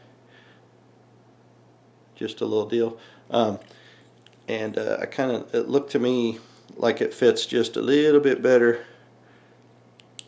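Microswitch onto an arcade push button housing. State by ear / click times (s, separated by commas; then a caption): seated / 10.2 s. A plastic microswitch is pressed onto the base of an arcade push button housing while someone talks over a low steady hum. After the talking stops, a faint tick comes at about 10.0 seconds. A sharp snap at 10.2 seconds marks the microswitch seating on the button.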